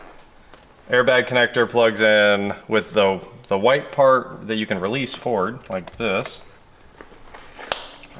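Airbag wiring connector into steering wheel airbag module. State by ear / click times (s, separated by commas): seated / 7.7 s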